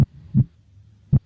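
Low dull thumps of a heartbeat heard through a stethoscope, one sound stronger and the other softer: normal first and second heart sounds.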